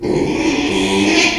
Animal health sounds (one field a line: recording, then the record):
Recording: squeal of a Yucatan mini pig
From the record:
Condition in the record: after surgery on the right vocal fold (resection and tissue-engineered implant)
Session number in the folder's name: 2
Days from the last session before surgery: 13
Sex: male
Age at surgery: 12 weeks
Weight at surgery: 13 kg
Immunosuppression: cyclosporine, prednisolone